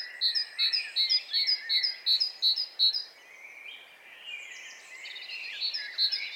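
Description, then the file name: Great tit repeating a bright double-note phrase several times, then quieter mixed birdsong before the phrases resume. "Parus major"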